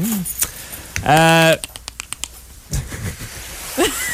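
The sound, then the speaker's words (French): Dolphins whistle and squeak in rising and falling high-pitched sweeps, with one loud harmonic-rich call followed by a rapid run of sharp clicks, then more short chirps. “Tiens, on va se rapprocher de l'eau un petit peu. Aller écouter les dauphins.”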